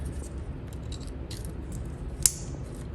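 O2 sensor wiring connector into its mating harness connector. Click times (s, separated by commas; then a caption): 2.3 s. An O2 sensor electrical plug on a BMW F80 M3 / F82 M4 downpipe install is pushed into its mating harness connector, lined up using white paint marks. Faint handling rustles lead up to one sharp, bright click at 2.3 s as the connector latches and is seated.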